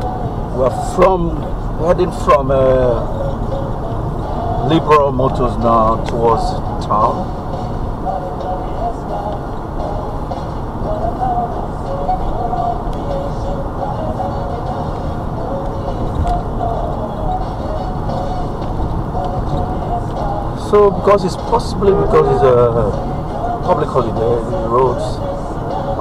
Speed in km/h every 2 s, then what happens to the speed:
53, 56, 61, 63, 61, 61, 60, 60, 60, 61, 60, 60, 61.
0-5 speeds up to 63. 5-26 steady at about 60.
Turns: none.